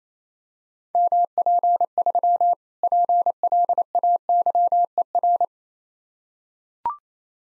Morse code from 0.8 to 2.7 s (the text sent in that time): MP3